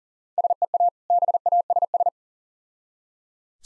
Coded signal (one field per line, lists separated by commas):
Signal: Morse code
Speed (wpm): 38 wpm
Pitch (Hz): 700 Hz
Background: none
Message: SEA BASS